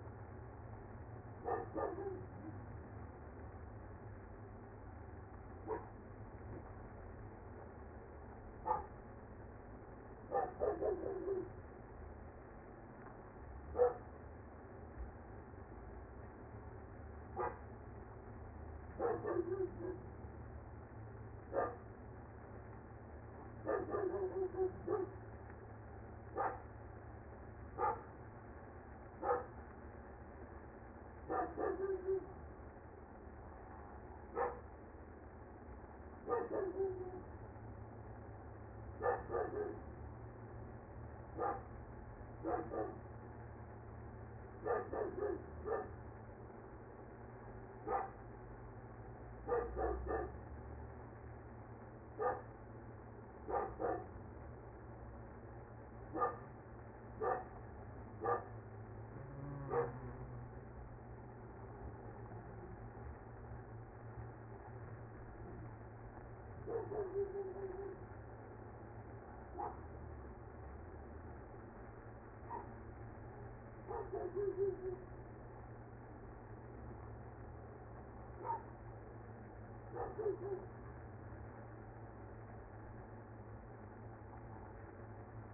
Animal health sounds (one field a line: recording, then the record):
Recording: honeybee colony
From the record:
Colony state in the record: active